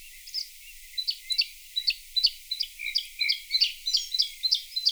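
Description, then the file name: Bluethroat song of high, clear tinkling notes repeated rapidly, with soft twittering underneath. Played back. "Blaahals"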